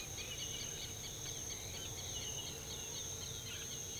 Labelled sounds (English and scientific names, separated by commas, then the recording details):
none
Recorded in pastures near Puerto Asís, Putumayo, Colombia, on 21 December 2024 at 06:00
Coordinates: 0.486, -76.323
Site GP01